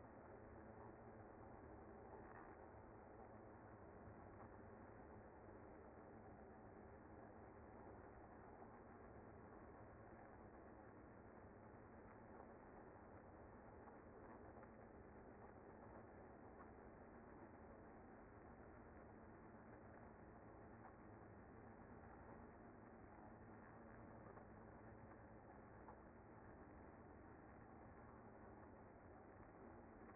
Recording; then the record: honeybee colony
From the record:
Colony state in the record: active